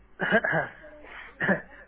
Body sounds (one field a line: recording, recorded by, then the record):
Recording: voluntary cough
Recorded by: telephone call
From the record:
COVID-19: negative